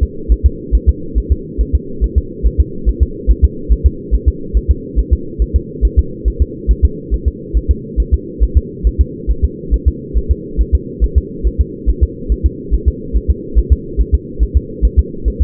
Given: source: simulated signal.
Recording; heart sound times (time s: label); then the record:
fetal heart sounds
0.03 s: S2
0.32 s: S1
0.46 s: S2
0.75 s: S1
0.89 s: S2
1.18 s: S1
1.32 s: S2
1.61 s: S1
1.75 s: S2
2.04 s: S1
2.18 s: S2
2.46 s: S1
2.60 s: S2
2.89 s: S1
3.02 s: S2
3.30 s: S1
3.44 s: S2
3.72 s: S1
3.86 s: S2
4.14 s: S1
4.28 s: S2
4.57 s: S1
4.71 s: S2
4.99 s: S1
5.13 s: S2
5.42 s: S1
5.56 s: S2
5.85 s: S1
5.99 s: S2
6.28 s: S1
6.42 s: S2
6.71 s: S1
6.85 s: S2
7.14 s: S1
7.28 s: S2
7.57 s: S1
7.71 s: S2
8.00 s: S1
8.14 s: S2
8.43 s: S1
8.57 s: S2
8.87 s: S1
9.01 s: S2
9.30 s: S1
9.44 s: S2
9.74 s: S1
9.88 s: S2
10.17 s: S1
10.31 s: S2
10.61 s: S1
10.75 s: S2
11.04 s: S1
11.18 s: S2
11.47 s: S1
11.61 s: S2
11.89 s: S1
12.03 s: S2
12.32 s: S1
12.46 s: S2
12.74 s: S1
12.88 s: S2
13.16 s: S1
13.30 s: S2
13.59 s: S1
13.72 s: S2
14.00 s: S1
14.14 s: S2
14.43 s: S1
14.57 s: S2
14.85 s: S1
14.99 s: S2
15.28 s: S1
15.42 s: S2
From the record:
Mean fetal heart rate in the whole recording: 140 bpm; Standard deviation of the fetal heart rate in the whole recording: 2 bpm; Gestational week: 34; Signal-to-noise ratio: -4.3 dB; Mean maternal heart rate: 72 bpm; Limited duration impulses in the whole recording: absent